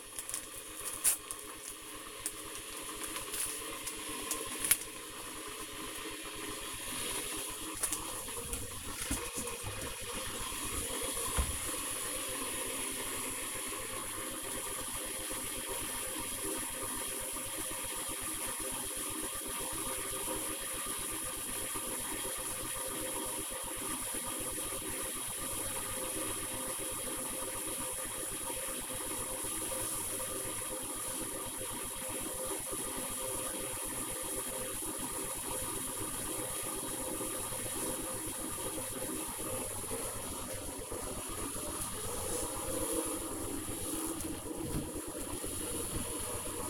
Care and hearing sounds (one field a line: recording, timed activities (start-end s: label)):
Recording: household activities, microphone on the right wrist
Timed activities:
0.00-46.70 s: making tea